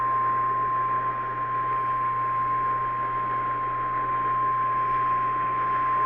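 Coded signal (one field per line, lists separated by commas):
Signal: Emergency Alert System (SAME) tones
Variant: 1050 Hz attention tone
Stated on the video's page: Severe thunderstorm EAS alert from the Nashville (OHX) office, relayed on an AM radio station.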